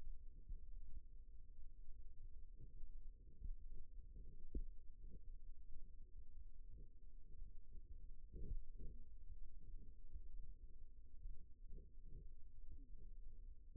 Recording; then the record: forearm muscle sounds (acoustic myography)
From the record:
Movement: rest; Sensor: system 2, bracelet of six BSWA MPA416 microphones around the upper forearm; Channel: 3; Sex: male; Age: 22 years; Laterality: right